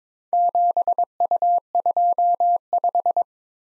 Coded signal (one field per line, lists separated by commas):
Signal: Morse code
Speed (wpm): 22 wpm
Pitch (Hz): 700 Hz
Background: none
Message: 7U25